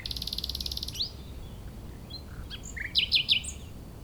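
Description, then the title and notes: Common nightingale song opening with a fast buzzy trill, then scattered whistles and three loud, sharp notes, with low wind rumble beneath. Chindrieux, France; breeding season in full swing; sunny day; fairly strong west wind; singer hidden in scrub; Zoom H4n Pro on the ground in a small valley, away from motorbike traffic. "Chindrieux, France - Rossignol. La saison des rossignols bat son plein"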